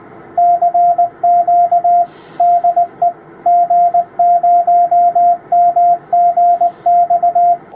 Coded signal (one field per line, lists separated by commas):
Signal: Morse code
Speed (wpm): 19 wpm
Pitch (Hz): 700 Hz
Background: radio noise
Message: CQ DE G0MGX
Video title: Logger32 and Auto Radio Configuration with CAT